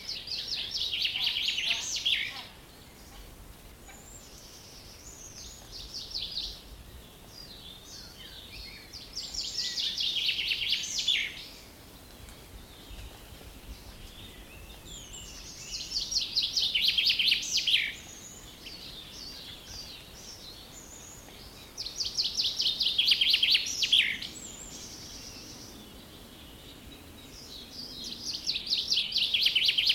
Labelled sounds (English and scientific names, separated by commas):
Common Chaffinch (Fringilla coelebs)